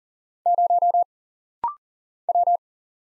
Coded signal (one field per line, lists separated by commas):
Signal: Morse code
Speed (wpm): 39 wpm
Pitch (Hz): 700 Hz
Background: none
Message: 0 W